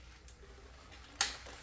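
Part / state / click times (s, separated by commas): rear wheel lock pin engaging the e-bike rear wheel / seated / 1.2 s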